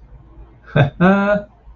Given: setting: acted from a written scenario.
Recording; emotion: vocal sound without words; amusement